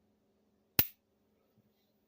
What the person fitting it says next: Now, hear that snap? Lord have mercy.